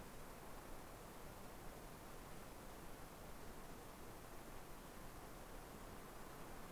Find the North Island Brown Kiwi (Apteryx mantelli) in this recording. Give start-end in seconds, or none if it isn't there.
none